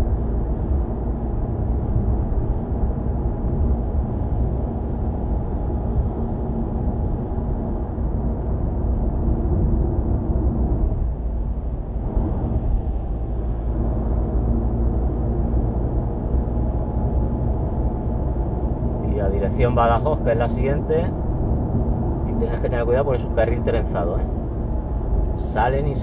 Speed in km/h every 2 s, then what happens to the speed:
85, 86, 87, 87, 86, 83, 81, 86, 88, 90, 91, 91, 90.
0-7 steady at about 86. 7-12 slows to 81. 12-19 speeds up to 91. 19-26 steady at about 91.